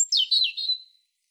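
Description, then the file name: European robin giving one quick, high warbling twitter lasting under a second. "Erithacus rubecula"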